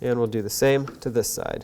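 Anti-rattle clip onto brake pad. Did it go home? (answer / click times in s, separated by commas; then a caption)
no / none. A metal anti-rattle clip is being handled onto the second brake pad for the rear brakes of a 2001-2007 Toyota Highlander, to be pressed on until it snaps into place and locks in so it can't fall off. Someone talks throughout, and nothing has seated or clicked yet.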